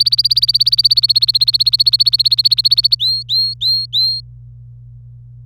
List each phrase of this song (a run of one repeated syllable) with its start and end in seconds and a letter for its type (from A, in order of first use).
0.00-2.95 A, 2.99-4.20 B, 5.46-5.46 C